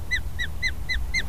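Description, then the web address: Osprey calling a series of five sharp, downslurred whistled chirps, evenly spaced about a quarter second apart, over a low background rumble. "soundswild osprey"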